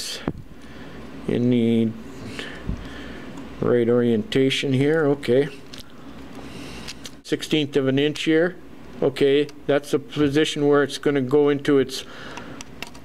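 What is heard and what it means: A lens element group for a Canon A4000 lens barrel is turned to the right orientation and held about a sixteenth of an inch above its position, ready to be pushed down into the tracking slots. Someone talks throughout, with a few faint handling taps between phrases. Nothing has seated or clicked yet.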